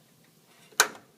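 A memory module is pressed into a motherboard DIMM slot, and its second retention tab snaps shut with a single sharp click at 0.8 s. The module is now fully seated.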